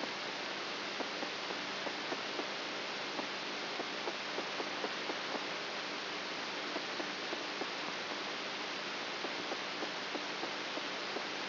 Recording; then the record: brain microelectrode recording played as sound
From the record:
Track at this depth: outside the subthalamic nucleus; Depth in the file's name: 7.24 mm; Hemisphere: right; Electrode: 3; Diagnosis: Parkinson's disease